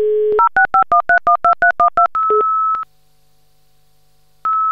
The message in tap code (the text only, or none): none